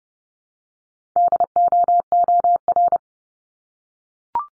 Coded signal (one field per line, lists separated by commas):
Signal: Morse code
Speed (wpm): 30 wpm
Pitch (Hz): 700 Hz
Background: none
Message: DOOR